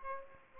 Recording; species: mosquito wingbeat signal from an infrared sensor; Aedes aegypti